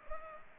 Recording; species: mosquito wingbeat signal from an infrared sensor; Culex pipiens